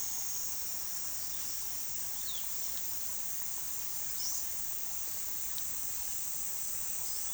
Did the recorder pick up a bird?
no